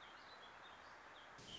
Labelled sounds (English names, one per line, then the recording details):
Warbling Vireo
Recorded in Sonoma County, California